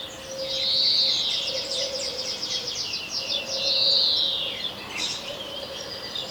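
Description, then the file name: European greenfinch uttering two drawn-out buzzy wheezes about three seconds apart, accompanied by soft twittering and a steady low hum. "Chloris chloris"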